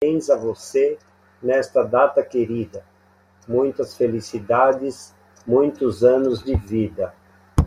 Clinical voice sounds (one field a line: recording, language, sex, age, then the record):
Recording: short text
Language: Brazilian Portuguese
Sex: male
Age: 60 to 69 years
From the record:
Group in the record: control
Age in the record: 65 years